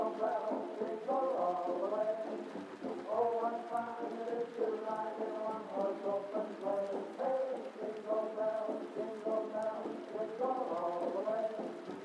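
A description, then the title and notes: Oldies music plays from another room, sounding muffled, with a singing melody line and warm midrange chords that continue without pause. A soft, steady hiss of rain sits underneath, and the overall loudness stays fairly even throughout. Cozy Rainy Night Vibes: Oldies Playing from Another Room. Vintage music from another room.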